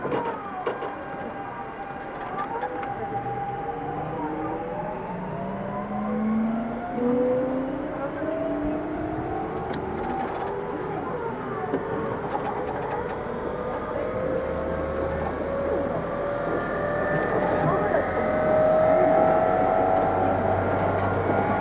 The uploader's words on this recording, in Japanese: 東急2000系 渋谷〜あざみ野。急行運用を録音。ステンレス鋼製20m級軽量車体の4扉車である。